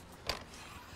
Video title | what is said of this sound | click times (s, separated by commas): 2020 Airstream Caravel 22FB Walk Through Small Light Weight Travel Trailer Bambi Size | I lock it in place now | 0.3 s